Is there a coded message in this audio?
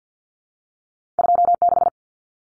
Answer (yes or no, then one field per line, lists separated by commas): yes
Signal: Morse code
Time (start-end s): 1.2-1.9 s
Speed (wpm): 50 wpm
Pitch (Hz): 700 Hz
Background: none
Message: 26